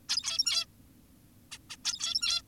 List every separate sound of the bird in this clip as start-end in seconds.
0.09-0.66, 1.52-1.58, 1.70-1.76, 1.85-2.42